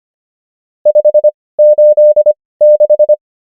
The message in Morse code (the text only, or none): 586